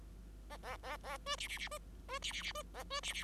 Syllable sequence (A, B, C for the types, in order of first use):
A A A A B C C C B B C C C B A B C C